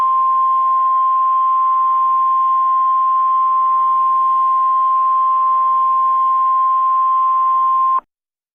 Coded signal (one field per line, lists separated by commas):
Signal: Emergency Alert System (SAME) tones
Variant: 1050 Hz attention tone